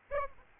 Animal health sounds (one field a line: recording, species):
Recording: mosquito wingbeat signal from an infrared sensor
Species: Aedes albopictus